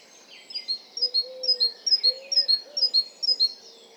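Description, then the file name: Great tit: a fast, regular series of thin high notes, with soft low whistled tones underneath. "Parus major"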